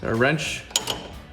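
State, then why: Torque reached. A torque wrench set to 36 ft-lb tightens the 15 mm nut on a steel sway bar end link of a 2014-2018 4WD Silverado 1500 during a Rancho RS5000X loaded front strut install, while a wrench holds the top of the link. Someone talks, then the torque wrench clicks sharply at 0.8 s, followed by a softer click at 0.9 s. The nut is confirmed torqued to the setting.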